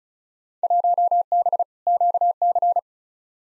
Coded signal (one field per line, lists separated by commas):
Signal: Morse code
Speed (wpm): 34 wpm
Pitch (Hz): 700 Hz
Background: none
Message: 1B QC